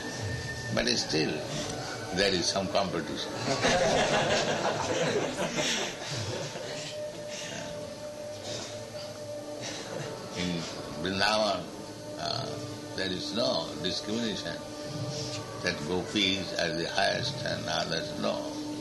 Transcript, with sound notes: But still, there is some competition. [laughter] In Vṛndāvana there is no discrimination that gopīs are the highest and others... No.